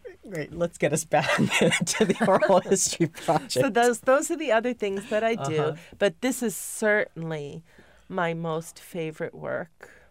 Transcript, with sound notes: Let's get us back to the Oral History Project. ( they laugh )
So those are the other things that I do, but this is certainly my most favorite work.